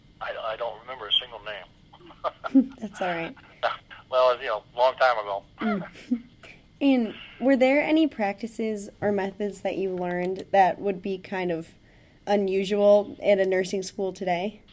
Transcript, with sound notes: I don't remember a single name. (laughs)
That's all right.
Well, you know, long time ago.
And were there any practices or methods that you learned that would be kind of unusual in a nursing school today?